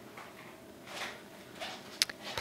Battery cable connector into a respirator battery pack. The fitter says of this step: plug the battery cable into the battery until you hear a click